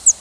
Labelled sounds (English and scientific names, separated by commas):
Northern Parula (Setophaga americana) flight call